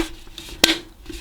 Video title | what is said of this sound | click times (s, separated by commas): Bosch TWK8632PGB Cordless Kettle Review | like that till you hear it click and then you're ready to go so | 0.6 s